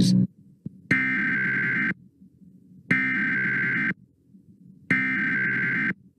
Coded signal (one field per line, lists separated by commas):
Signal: Emergency Alert System (SAME) tones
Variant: header bursts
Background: speech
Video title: 2021 National Emergency Alert System Test Compilation